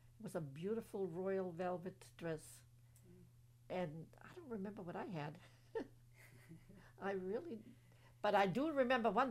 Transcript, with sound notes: It was a beautiful royal velvet dress. And I don't remember what I had. ( she laughs ) I really, but I do remember one thing.